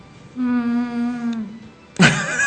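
A single long, drawn-out meow holds a fairly steady pitch for about a second, sliding slightly downward at the end. Shortly after, a sudden loud, harsh burst of noise cuts in.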